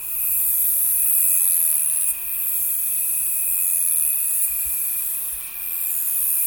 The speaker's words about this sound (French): C'est l'Ephippigère carénée. Donc elle chante en vagues comme ça, c'est très très beau dans les roseaux, dans les petits buissons.